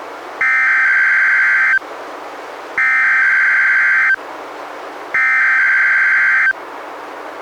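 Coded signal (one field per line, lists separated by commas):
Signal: Emergency Alert System (SAME) tones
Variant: header bursts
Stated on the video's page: NOAA Weather Radio Required Weekly Tests relayed by NWR station in Astoria, recorded from a Reecom R-1630 weather radio through a Zoom H1 recorder.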